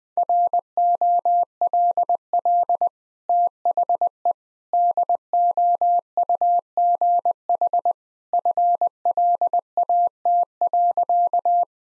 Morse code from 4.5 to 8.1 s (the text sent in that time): DOUGH